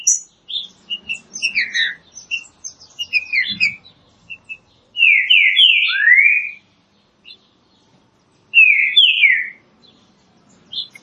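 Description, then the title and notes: Green-winged saltator song: rolling whistled phrases of three or four notes, repeated, amid softer chirps and a faint low rumble. Classic song style (canto clássico) of the green-winged saltator, offered as training material. "Canto Clássico Trinca Ferro TREINAMENTO. trinca fero"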